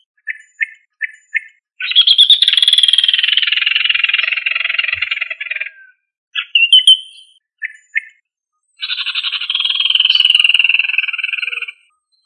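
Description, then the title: Rail calling with a few short clipped notes, then two long grating rattles with a brief burst of sharp notes between them. "Familia Rallidae"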